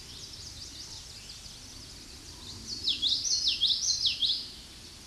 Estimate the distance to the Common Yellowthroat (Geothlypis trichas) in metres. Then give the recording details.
about 15 m. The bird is about 10 m above the microphone. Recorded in a Pennsylvania forest on 16 May 2024 at 08:04. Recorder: AudioMoth, point MSD-1342. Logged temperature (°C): 15.5 °C. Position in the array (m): 228 m, 181 m